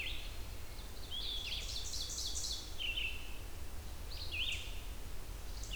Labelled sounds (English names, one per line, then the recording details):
Red-eyed Vireo song
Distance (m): 65 m
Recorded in boreal forest in Alberta, Canada, on 28 June 2016 at 07:46
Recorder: SongMeter 3, array SBT-6-79
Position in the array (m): 101 m, 206 m